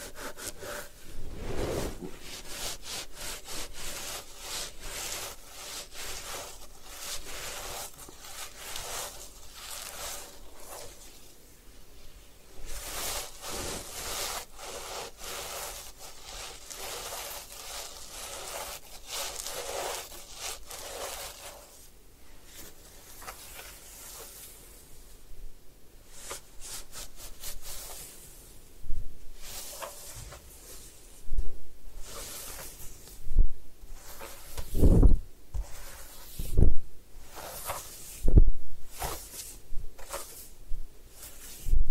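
Hair washing and scalp massage: dense, crackly rubbing and scratching that comes in short, uneven strokes with brief pauses between. Early strokes are soft and fairly steady; from about 25 seconds they turn louder and choppier, with sharp bumps near 35, 37 and 38 seconds.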